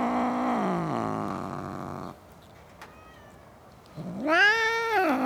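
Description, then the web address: Domestic cat giving a long, falling yowl, then a pause with a faint squeak, then a loud rising-and-falling wail. Cats in a suburban garden. "BBC Sound Effects Library BBC - Cats Cats In A Suburban Garden"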